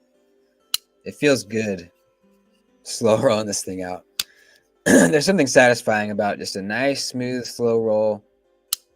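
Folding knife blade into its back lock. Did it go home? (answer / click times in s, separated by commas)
yes / 8.7 s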